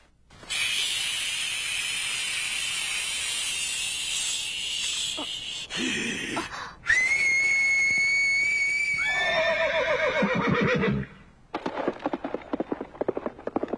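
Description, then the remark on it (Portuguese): A horse lets out a loud, shrill neigh that slides down in pitch, followed by a quick series of hoofbeats clip-clopping away, all over a steady background hiss. “Suba no cavalo.”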